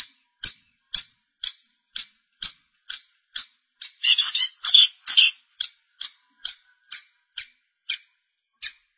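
Long-tailed shrike giving a high, sharp note repeated about twice a second, broken midway by a burst of harsh, buzzy chatter.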